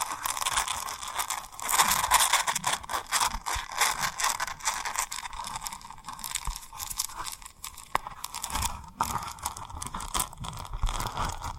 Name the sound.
Tapping & Rubbing Rhinestone Lip Triggers